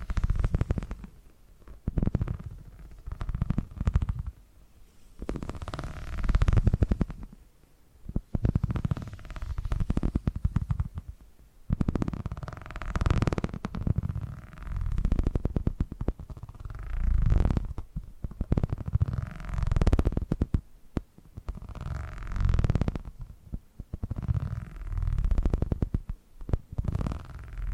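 Purring sounds come in repeated rumbling bursts, each a couple of seconds long, separated by short quiet gaps. The rumble is deep and grainy, made of rapid fluttering pulses, with a soft breathy hiss riding on top during the louder stretches.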